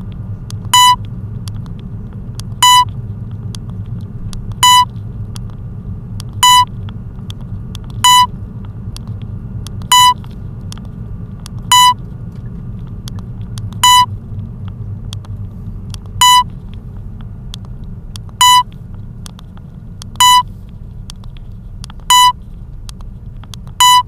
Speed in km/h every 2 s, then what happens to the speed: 17, 17, 17, 18, 17, 17, 17, 14, 14, 14, 13, 10.
0-24 steady at about 17.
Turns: none.